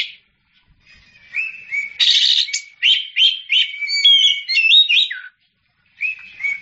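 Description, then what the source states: Oriental magpie-robin singing a varied run of whistled and chattering phrases, with a harsh buzzy burst early on, then a pause and a short whistled phrase to finish. Champion songbird.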